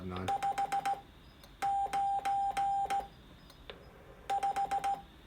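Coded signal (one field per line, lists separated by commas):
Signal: Morse code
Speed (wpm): 16 wpm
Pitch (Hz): 790 Hz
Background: speech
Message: 595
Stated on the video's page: CW contacts made with an extendable aluminium portable HF whip antenna.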